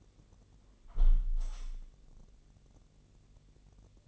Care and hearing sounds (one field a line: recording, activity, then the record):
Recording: daily activity, microphone in the room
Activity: close window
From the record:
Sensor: 4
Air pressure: 1001.1 hPa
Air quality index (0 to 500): 248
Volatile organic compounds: 45 ppm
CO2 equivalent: 3227 ppm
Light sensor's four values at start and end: 9/20/8/7 and 9/19/8/7